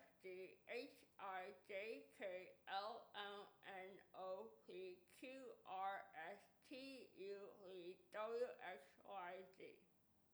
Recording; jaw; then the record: letters of the alphabet, spoken; constrained by a bite bar between the teeth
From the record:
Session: first day, right after the free take